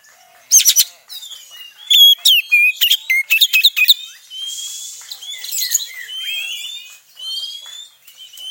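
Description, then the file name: Oriental Magpie-Robin song, starting with a sharp burst, then a lively series of loud chirps and whistles, easing into softer, drawn-out whistled phrases. Song of the tretes style, used to restore the mood of other songbirds. "Suara Kacer Tretes Pulihkan Mental Burung Kicauan Lainnya"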